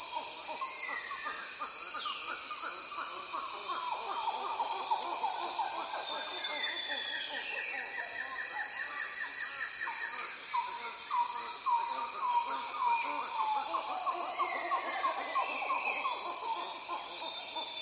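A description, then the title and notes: A dense insect chorus fills the Amazon rainforest at early morning, with steady high buzzing and shrill whining tones that pulse on and off every few seconds. Birds call incessantly underneath, with whistles, hoots and rising and falling phrases overlapping throughout. The Amazon rainforest wakes up. Early in the morning in the Amazon rainforest - the air is thick with humidity and wildlife sounds. The insect chorus is deafening, and birds are trying to do their part by calling incessantly everywhere.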